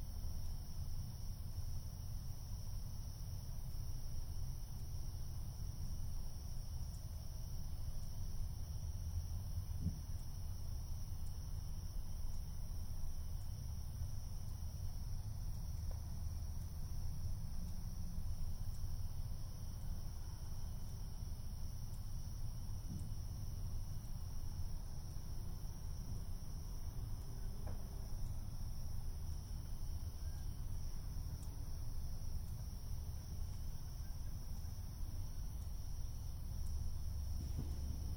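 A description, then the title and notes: Steady low traffic rumble runs throughout beneath a thin, constant high insect whine, with faint scattered knocks and a soft crack near the end. Neighborhood Fireworks, 11:00pm. Sitting on my front porch while some of my neighbors blow shit up on the Fourth of July.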